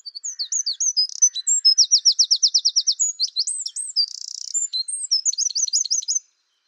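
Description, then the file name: Eurasian wren delivering one long, high-pitched song of tumbling notes, a rapid ringing trill, a buzzy rattle and a final quick run of repeated notes. "Troglodytes troglodytes"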